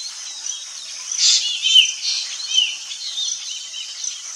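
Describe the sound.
Bird chirps: high, thin, twittering notes, with louder bursts near the middle.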